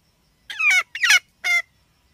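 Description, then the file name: Red junglefowl hen uttering three short harmonic notes in quick succession. Female (hen). "tieng ga mai rung"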